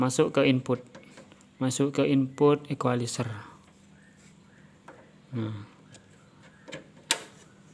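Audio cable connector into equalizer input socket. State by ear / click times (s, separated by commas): seated / 7.1 s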